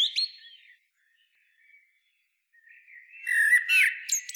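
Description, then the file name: Common blackbird song, a brief fluted phrase fading at the start, then a louder warble rising into high chattering twitters. "Turdus merula"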